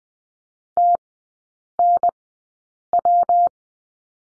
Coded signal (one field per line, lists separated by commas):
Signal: Morse code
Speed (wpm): 20 wpm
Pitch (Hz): 700 Hz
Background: none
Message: TNW